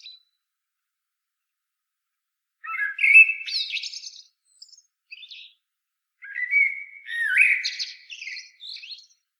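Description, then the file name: Common blackbird song: two phrases, each a low fluted warble breaking into a squeaky, higher twitter, separated by a short pause. "Turdus merula"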